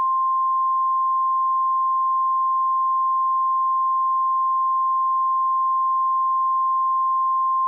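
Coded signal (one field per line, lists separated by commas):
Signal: Emergency Alert System (SAME) tones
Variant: 1050 Hz attention tone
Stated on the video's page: Mock EAS for a Blizzard Warning.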